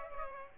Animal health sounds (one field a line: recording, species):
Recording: mosquito wingbeat signal from an infrared sensor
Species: Aedes aegypti